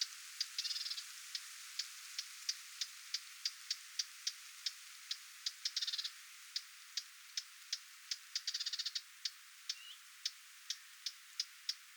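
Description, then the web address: Lesser whitethroat with persistent dry ticks and three brief churring rattles spaced throughout. Parent bird giving attention calls near its fledglings, 20 July 2026. "paivat 20 7 2026 hernekerttulintuemon huomioaantelya lentopoikastensa lahella"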